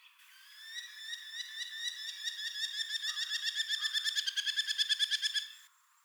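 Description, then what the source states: Merlin giving a fast chattering series of harsh, ringing notes that grow louder and more regular, ending abruptly after about five seconds. Recorded on 4 April 2021.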